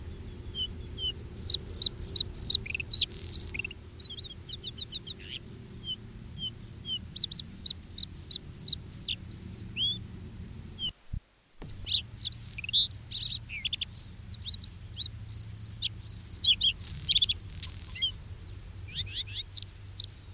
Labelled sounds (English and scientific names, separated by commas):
Bluethroat (Luscinia svecica)